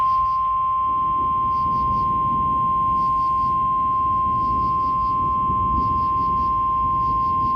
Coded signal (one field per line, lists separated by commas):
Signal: Emergency Alert System (SAME) tones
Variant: 1050 Hz attention tone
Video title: (EAS #390) Severe Thunderstorm Warning for Ogle and Lee, Illinois